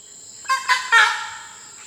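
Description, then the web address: Red-throated caracara giving three harsh, raucous notes in quick succession, the last longest, over a steady high-pitched drone. Recorded in Peru. "Birds of the Amazon. Red-throated Caracara (Ibycter americanus), Peru"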